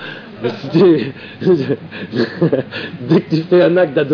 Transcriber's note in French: Rires